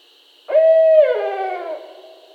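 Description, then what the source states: Barred owl hoot: a single deep, drawn-out note held steady, then sliding downward and fading. Recorded 22 August 2012.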